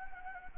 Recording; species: mosquito wingbeat signal from an infrared sensor; Anopheles gambiae